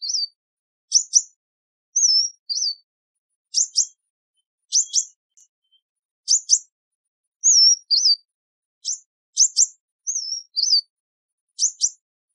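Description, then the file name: Sunbird calls: sharp high chips, often doubled, alternating with short slurred whistles, against a silent background. "Tieng chim hut mat"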